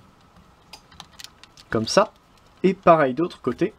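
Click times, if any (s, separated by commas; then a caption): 1.0 s, 1.2 s. A plastic brick side part on a brick-built transforming robot is swung over and clipped into a slot in the toy's body. Small sharp ticks are heard, with the part clicking into place at 1.0 s and 1.2 s, and someone then talks. The part is seated.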